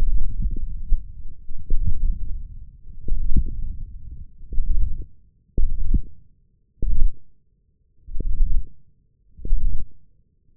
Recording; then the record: forearm muscle sounds (acoustic myography)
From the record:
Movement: hand closing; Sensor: system 1, eight BSWA MPA416 microphones around the upper forearm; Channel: 8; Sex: male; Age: 20 years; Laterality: left